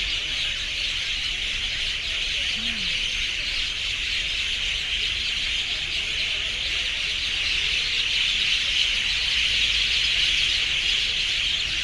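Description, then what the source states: Birds screaming in a dense flock, overlapping shrill calls forming a constant high wash that grows slightly louder toward the end. Urban city ambience; birds screaming, described as extreme.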